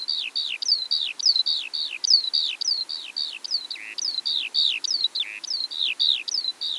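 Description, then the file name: Eurasian skylark singing a fast, continuous warble of high chirping notes that dip and rise, packed closely together with a few lower buzzy slurs mixed in. Recorded in Eastern Europe. "Stimmen der Natur aus Osteuropa - Feldlerche"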